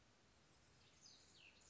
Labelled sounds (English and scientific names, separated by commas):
Cassin's Vireo (Vireo cassinii)